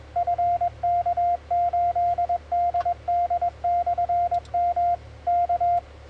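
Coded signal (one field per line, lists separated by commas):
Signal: Morse code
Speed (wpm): 22 wpm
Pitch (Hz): 2100 Hz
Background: radio noise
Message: FK8DD/M K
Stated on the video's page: Mobile CW contact on 20m, 14.018 kHz.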